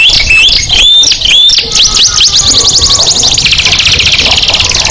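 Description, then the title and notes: Canary opening with whistled and chipped notes, then a run of sharp upswept notes leading into a long rapid buzzy trill. Canary song meant to stimulate other birds to sing more intensely. "PANCINGAN SUARA MASTERAN KENARI BIKIN BURUNG MAKIN MENGGILA. masteran kicau kenari"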